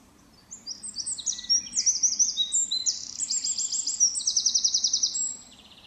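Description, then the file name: Eurasian wren pouring out a rapid, high song of sharp notes and fast rattles for about five seconds, abruptly ending, with light background hiss. "Troglodytes troglodytes"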